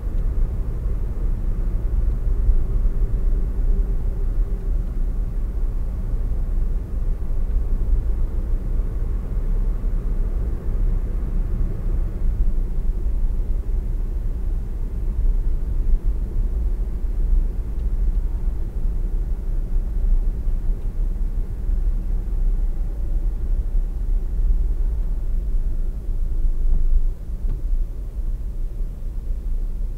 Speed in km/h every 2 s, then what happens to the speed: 71, 72, 73, 73, 76, 78, 76, 74, 72, 72, 71, 73, 69, 62, 57.
0-9 speeds up to 78. 9-23 steady at about 73. 23-30 slows to 57.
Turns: none.